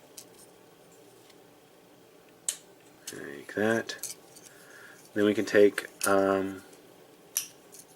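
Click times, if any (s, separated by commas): 7.4 s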